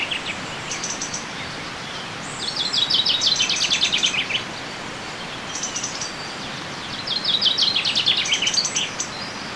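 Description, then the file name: Common chaffinch song: two bright trills that descend and finish with a short flourish, separated by a quiet gap with light ticking. "Fringilla coelebs"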